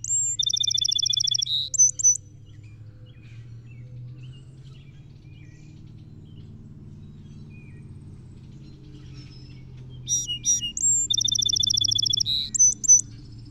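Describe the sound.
Song sparrow singing twice with a long pause between, each song a rapid trill followed by short high notes, with a steady low hum throughout.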